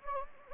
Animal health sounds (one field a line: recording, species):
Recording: mosquito wingbeat signal from an infrared sensor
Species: Anopheles gambiae